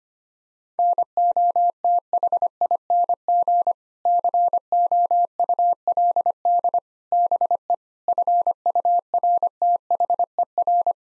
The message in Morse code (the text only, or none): NOTHING COULD BE FURTHER